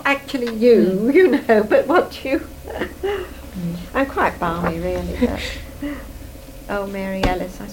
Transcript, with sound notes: Not actually you--
Mhm.
You know, but [laughing] what you. I'm quite barmy really. [laughs] Oh, Mary Ellis.